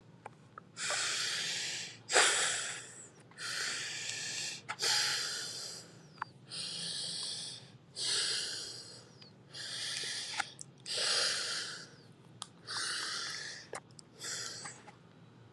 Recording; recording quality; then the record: deep breathing; excellent, no background noise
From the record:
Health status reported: COVID-19 positive, mild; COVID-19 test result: positive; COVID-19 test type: RT-PCR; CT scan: not taken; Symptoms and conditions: cough, cold, sore throat, fever, fatigue, muscle pain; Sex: female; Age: 29 years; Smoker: no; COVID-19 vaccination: both doses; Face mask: not worn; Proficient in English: yes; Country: India